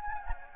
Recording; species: mosquito wingbeat signal from an infrared sensor; Anopheles gambiae